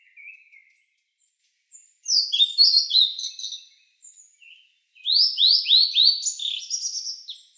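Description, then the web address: Blue-and-white flycatcher song: a soft opening note, then two bursts of high, slurred whistles that sweep and drop, separated by a short pause. 1 May 2015. "birdenaga ooruri 150501"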